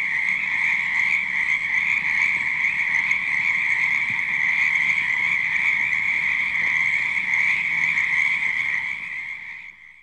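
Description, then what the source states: Frogs croaking in a dense continuous chorus, a steady high trilling drone that fades away in the final second. Frogs croaking at night.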